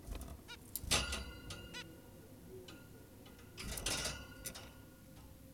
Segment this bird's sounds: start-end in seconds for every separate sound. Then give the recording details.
0.48-0.57, 1.74-1.84. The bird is an adult. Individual g17y2U